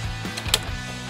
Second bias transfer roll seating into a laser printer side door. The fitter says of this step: just like it came out you'll push down on that plastic until you hear it click